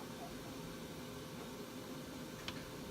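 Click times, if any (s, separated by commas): 2.5 s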